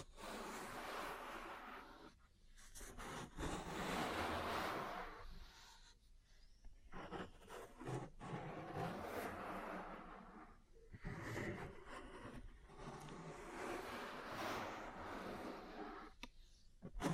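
Ear cleaning and massage sounds fill the clip with dense, rustling friction that swells and fades in long strokes of a few seconds each. Brief near-silent gaps break it up around 2, 6, 8, 11 and 16 seconds, with a few sharp taps between strokes.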